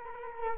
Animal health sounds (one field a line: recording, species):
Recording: mosquito wingbeat signal from an infrared sensor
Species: Culex quinquefasciatus